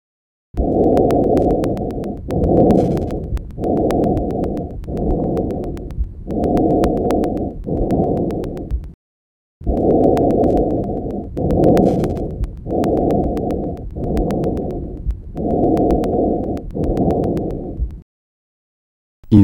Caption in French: Le bruit trachéal normal. Entendu au niveau de la portion extrathoracique de la trachée. Il est intense de haute tonalité et entendu aux deux temps.